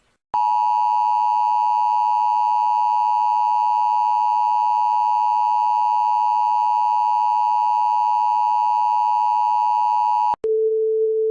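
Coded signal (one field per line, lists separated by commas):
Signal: Emergency Alert System (SAME) tones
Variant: 853 and 960 Hz attention tone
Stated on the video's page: Fake prank nuclear alert containing valid EAS tones.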